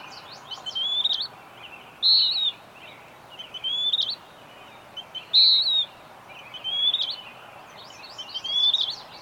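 Bird song: loud brief falling whistles alternating with softer upward sweeps, repeated several times, over constant background hiss.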